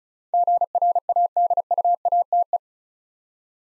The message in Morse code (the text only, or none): GRADUATE